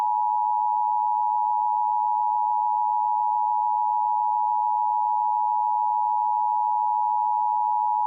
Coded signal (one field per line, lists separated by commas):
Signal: Emergency Alert System (SAME) tones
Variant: 853 and 960 Hz attention tone